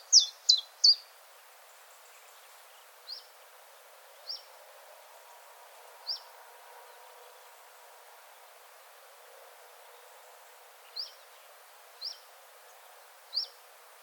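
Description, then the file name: Common chiffchaff singing three loud, sharp high notes in quick succession, then six single downslurred notes at uneven intervals of about one to five seconds, over a soft steady background hiss. "zilpzalp"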